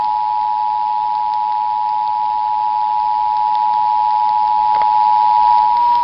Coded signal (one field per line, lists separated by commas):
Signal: Emergency Alert System (SAME) tones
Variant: 853 and 960 Hz attention tone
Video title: The history of the emergency alert systems (eas)